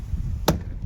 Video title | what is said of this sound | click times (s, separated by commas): Fitting Magnetic Number Plate From PLATELESS & Rear Axle Spacers MK6 Fiesta ST | Wow, don't know if you just heard that then, but that properly snapped into place. | 0.5 s